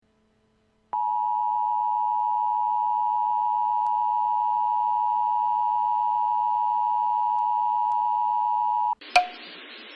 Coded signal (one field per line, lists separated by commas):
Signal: Emergency Alert System (SAME) tones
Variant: 853 and 960 Hz attention tone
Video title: EAS: Ice Storm Warning for Oklahoma City